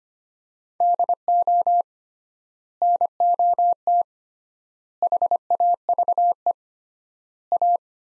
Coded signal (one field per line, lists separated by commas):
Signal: Morse code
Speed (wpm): 25 wpm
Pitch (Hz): 700 Hz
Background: none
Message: DO NOT HAVE A